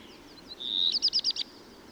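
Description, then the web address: Black redstart song, opening with faint high whistles and a thin drawn-out note, then a brief burst of rapid metallic notes. Recorded in Valsolda. "cibra valsolda. Codirosso spazzacamino"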